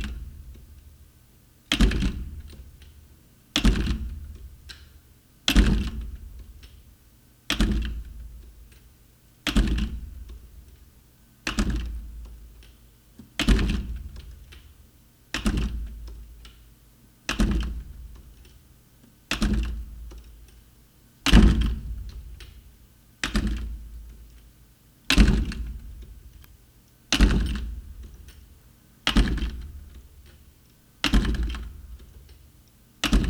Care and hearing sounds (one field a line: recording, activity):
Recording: daily activity, guitar pickup as the sensor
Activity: manipulate door